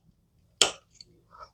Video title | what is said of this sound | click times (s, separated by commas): ROKR Steam Engine Wooden Model Complete Build & Review (Extended Version) | Just kind of locks in place. | 0.6 s